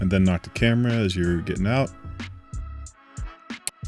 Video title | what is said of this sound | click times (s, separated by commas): How to Change the Spark Plugs in a 2010 Honda Accord Coupe 3.5L V6 E-XL - How Easy is it? EASY. | But there's the click. | 3.7 s